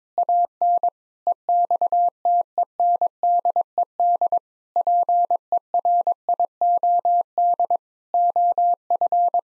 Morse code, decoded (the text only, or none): AN EXTENDED PERIOD OF